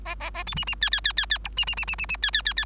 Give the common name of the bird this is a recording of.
Bengalese Finch